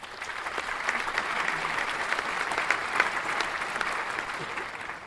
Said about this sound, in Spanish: De verdad, fuerte aplauso, por favor.